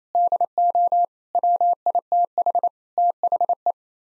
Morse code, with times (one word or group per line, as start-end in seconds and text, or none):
0.1-1.1 DO
1.4-2.7 WITH
3.0-3.7 THE